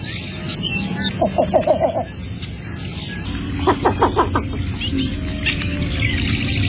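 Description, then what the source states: Least bittern calling in two short bursts of rapid clucking notes, against loud background noise. Adult bird; a tiny heron of fresh or brackish marshes.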